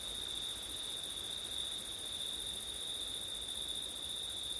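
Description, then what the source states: Cricket chorus holding one continuous high trill throughout, backed by a thin upper shimmer and low wind noise. Crickets on a September night with wind; ortif recording.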